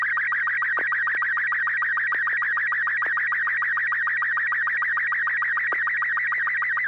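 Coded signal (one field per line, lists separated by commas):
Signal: SSTV (slow-scan television)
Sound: steady warbling, buzzy tone with rapid rhythmic ticks, like a scanning image transmission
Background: low hum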